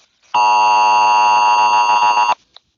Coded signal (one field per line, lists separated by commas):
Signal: Emergency Alert System (SAME) tones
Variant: 853 and 960 Hz attention tone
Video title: EAS scenario: selever.exe mid fight masses crew's revenge